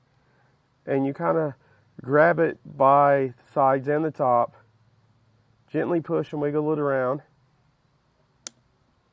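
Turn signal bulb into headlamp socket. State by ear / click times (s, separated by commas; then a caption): seated / 8.5 s. A replacement 3757 turn signal bulb for a 2004 Pontiac Grand Prix GTP is pushed and wiggled into its plastic socket on the headlamp harness connector while someone talks. After the talking stops, a single sharp click at 8.5 s shows the bulb has seated in the socket.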